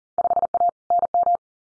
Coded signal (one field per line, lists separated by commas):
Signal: Morse code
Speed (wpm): 38 wpm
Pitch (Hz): 700 Hz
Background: none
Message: 5A NM